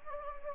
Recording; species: mosquito wingbeat signal from an infrared sensor; Anopheles gambiae